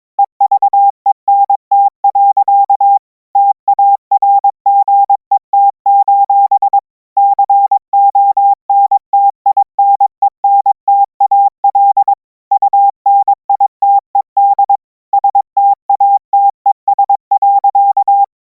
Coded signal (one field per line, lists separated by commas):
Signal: Morse code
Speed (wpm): 22 wpm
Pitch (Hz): 800 Hz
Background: none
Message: EVENT. TARGET: CONTINENTAL UNITED STATES.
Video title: EAS Mock: The Broadcaster (Origin)